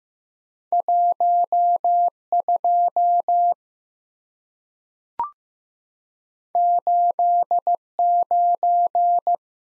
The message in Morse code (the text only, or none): 12 89